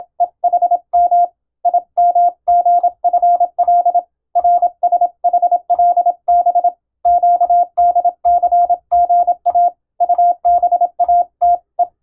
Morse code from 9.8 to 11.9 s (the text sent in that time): UBATE